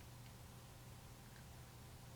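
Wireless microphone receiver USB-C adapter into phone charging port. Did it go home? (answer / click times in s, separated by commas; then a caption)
no / none. A DJI Mic Mini wireless microphone receiver's USB-C adapter is pushed into a phone's charging port, with only a steady low hum and faint soft ticks and no distinct click. The adapter has not clicked or seated yet. The phone shows no device found, so the plug is not fully in.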